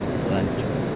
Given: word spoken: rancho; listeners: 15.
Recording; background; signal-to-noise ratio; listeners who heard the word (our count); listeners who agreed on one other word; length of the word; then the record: one Spanish word in noise, from a listening test; speech-shaped noise; -4.7 dB; 5 of 15; 6 of 15; 0.56 s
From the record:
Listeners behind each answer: 6, 5, 4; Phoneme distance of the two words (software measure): 10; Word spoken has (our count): 2 syllables, 5 phonemes, stress on syllable 1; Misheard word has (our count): 2 syllables, 5 phonemes, stress on syllable 1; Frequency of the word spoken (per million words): 7.65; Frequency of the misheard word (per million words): 4.01